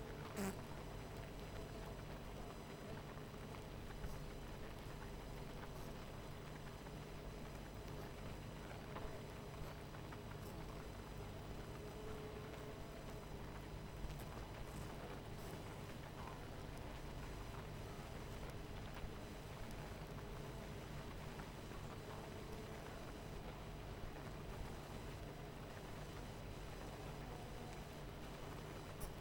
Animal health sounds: honeybee colony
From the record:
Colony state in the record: missing queen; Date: 14 July 2017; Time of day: 18:38

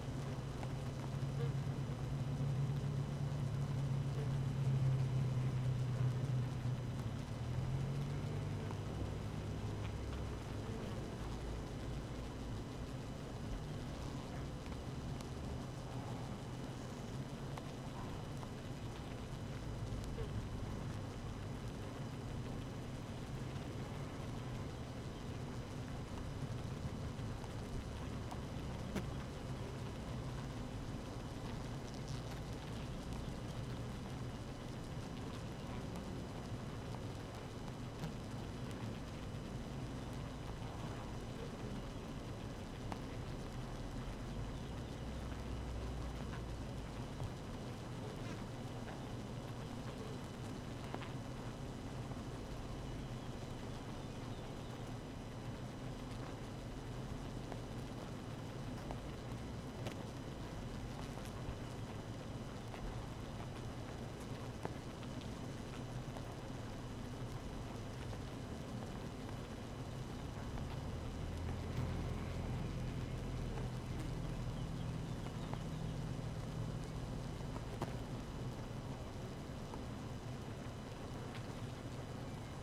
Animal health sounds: honeybee colony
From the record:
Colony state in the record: active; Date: 12 June 2018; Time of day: 7:01

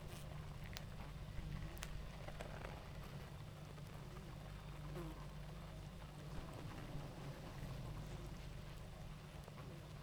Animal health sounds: honeybee colony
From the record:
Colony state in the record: active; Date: 28 July 2017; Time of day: 19:15

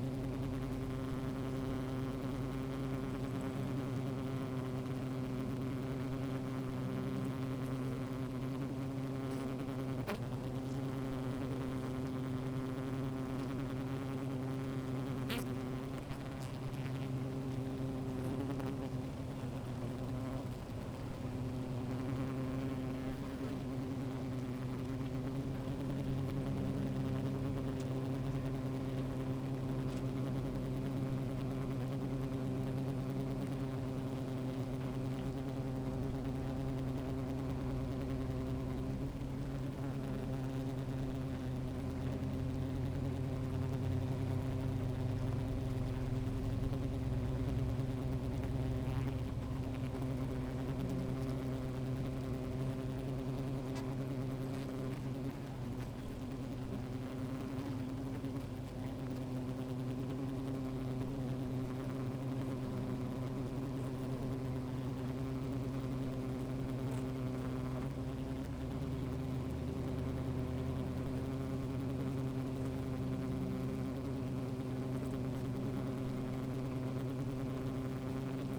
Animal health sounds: honeybee colony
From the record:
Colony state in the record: active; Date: 28 July 2017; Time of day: 13:53

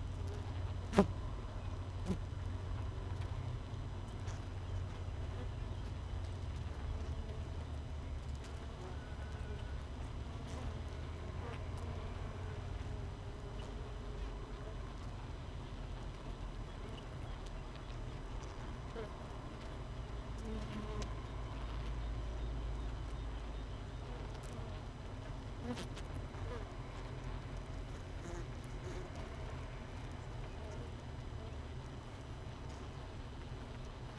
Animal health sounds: honeybee colony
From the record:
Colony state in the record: missing queen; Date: 31 May 2018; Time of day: 5:42

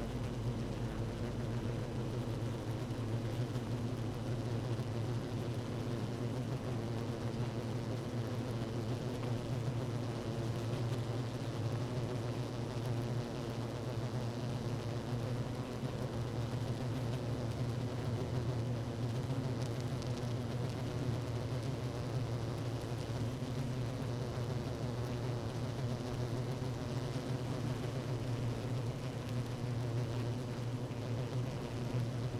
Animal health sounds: honeybee colony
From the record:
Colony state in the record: active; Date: 12 June 2018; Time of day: 16:50

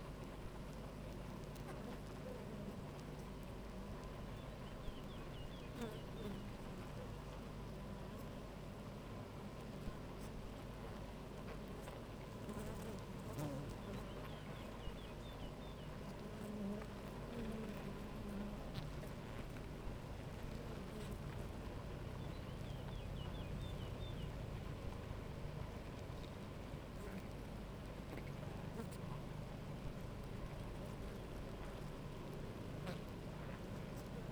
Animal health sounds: honeybee colony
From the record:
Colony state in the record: active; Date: 28 July 2017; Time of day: 9:38

